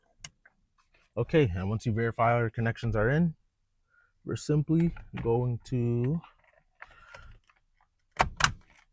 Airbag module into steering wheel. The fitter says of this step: boom, pop it in just like that.